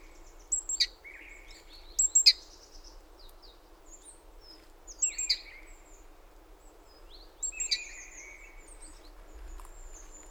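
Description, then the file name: Great tit calls: short, sharp high notes in pairs and clusters every few seconds, mixed with buzzy trills and thin whistles over steady background noise. "Parus major"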